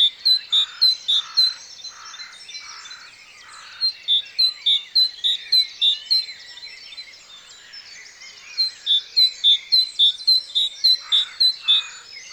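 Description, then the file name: Great tit singing bright, high repeated phrases in three bursts of several notes each, with other birds chirping behind. "Parus major"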